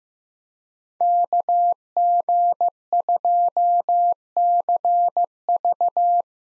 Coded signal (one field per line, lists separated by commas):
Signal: Morse code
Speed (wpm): 15 wpm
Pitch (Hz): 700 Hz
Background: none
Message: KG2CV